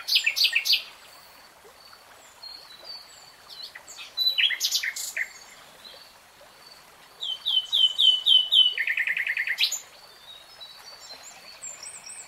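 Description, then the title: Nightingale song with varied phrases: sharp chirps, rapid rattling notes and a short burst of descending repeated whistles, separated by brief pauses over light background hiss. Three-hour real-time recording. "[Tiếng chim hót] REALTIME Nightingale Singing"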